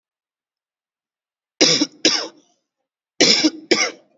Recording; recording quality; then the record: heavy voluntary cough; excellent, no background noise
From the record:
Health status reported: COVID-19 positive, moderate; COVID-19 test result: positive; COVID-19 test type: RT-PCR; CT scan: not taken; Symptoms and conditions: breathing difficulty, fever, loss of smell and taste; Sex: male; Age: 38 years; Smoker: no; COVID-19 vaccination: none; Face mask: worn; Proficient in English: yes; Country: India